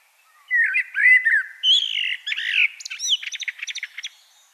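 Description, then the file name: Common blackbird song, mellow whistled notes at the start giving way to a thin, rapid series of high scratchy chirps at the end. "Turdus merula"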